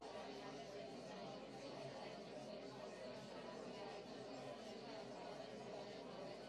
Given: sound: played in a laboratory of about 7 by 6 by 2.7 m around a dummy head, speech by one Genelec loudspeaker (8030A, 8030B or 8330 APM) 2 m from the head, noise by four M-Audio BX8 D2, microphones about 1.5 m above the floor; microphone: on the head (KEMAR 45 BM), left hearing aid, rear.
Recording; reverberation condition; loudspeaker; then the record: babble noise; low; four, about 170 cm from the corners of the room and facing them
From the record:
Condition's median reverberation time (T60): about 310 ms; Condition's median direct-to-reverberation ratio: about 3.5 dB